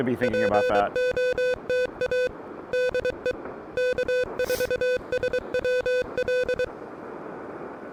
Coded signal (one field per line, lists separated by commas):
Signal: Morse code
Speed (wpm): 23 wpm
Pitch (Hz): 500 Hz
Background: speech, music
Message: POTA DE K4SWL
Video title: Early Morning Morse Code: Pedestrian Mobile & QRP at Fort Fisher State Recreational Area!